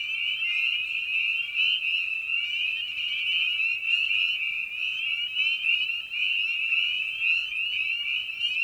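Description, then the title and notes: Spring peepers in full chorus, an unbroken shrill ringing made of many short rising peeps, a few standing out more sharply. Evening at a frog pond; presented in a modified format intended as a sleep aid. "Night of the Peepers. Spring Peeper (Pseudacris crucifer). Ian Carlsen"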